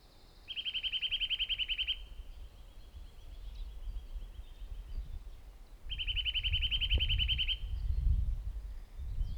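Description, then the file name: Eurasian nuthatch giving a fast, even trill of rapid high notes lasting about a second and a half, heard twice, with low rumbling background noise. "Sitta europaea"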